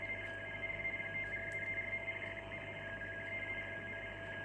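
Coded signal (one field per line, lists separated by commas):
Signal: RTTY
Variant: 50 baud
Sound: rapid warbling between two close tones, continuous teleprinter chatter over static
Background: radio static, low hum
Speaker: just let me go back to filter one for a minute as a comparison.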